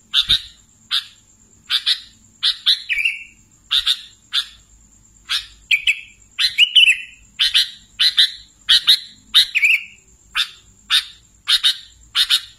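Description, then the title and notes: Sooty-headed bulbul calling in a steady series of sharp chirps, some ending in a short slurred tail, about two per second, with a thin continuous high tone behind. "Kicau Burung Kutilang"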